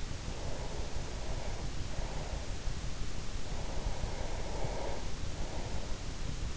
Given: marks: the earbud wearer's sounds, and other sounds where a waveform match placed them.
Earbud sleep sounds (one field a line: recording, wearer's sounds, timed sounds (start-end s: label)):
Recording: sounds in sleep by an in-ear microphone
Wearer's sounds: breath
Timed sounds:
0.19-2.77 s: breath
3.29-6.02 s: breath